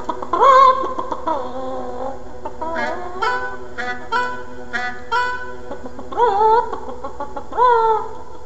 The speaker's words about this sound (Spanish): Aprendan primero que aquí en el corral su padre, el gallo, es la autoridad. A diario temprano se oye su voz y es porque ordena que salga el sol.